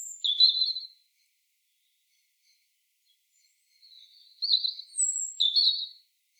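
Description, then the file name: European robin uttering a brief high note, then after a quiet gap of about three seconds a warbling phrase with high whistled notes, soft at first then louder, ending sharply. "Erithacus rubecula"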